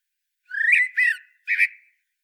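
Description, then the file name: Common blackbird giving three slurred whistled notes in quick succession. "Turdus merula"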